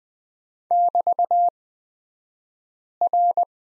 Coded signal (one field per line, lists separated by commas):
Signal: Morse code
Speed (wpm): 20 wpm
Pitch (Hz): 700 Hz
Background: none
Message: <BT>R